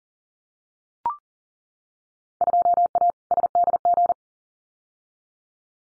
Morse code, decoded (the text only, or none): 2A SDG